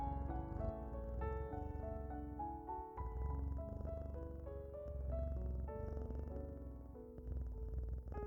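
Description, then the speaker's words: Domestic cat purr, a deep even vibrating rumble carried throughout, with slow soothing music notes above. Cat purring played during the silent part of a guided relaxation meditation, mixed with calming music. "Focus on the sound of the cat's purr and drift off."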